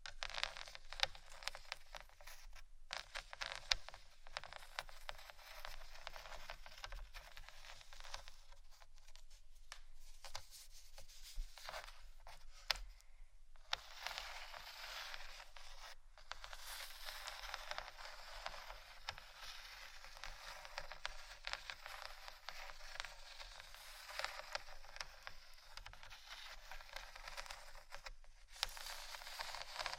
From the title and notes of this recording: ASMR scratching For Sleep & Study（No Talking）.